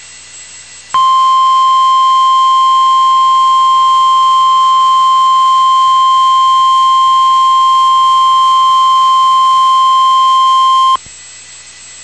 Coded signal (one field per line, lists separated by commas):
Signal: Emergency Alert System (SAME) tones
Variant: 1050 Hz attention tone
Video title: Real NOAA Weather Radio EAS Alert #119